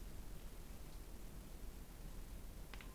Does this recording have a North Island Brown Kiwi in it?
no